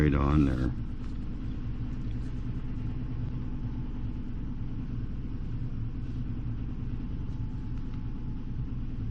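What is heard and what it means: An antenna part is handled while being re-attached to the frame or canopy of a small Eachine Novice 1 FPV drone. Someone talks briefly at the start, then a steady low rumble continues for the rest of the clip. Nothing has seated or clicked yet.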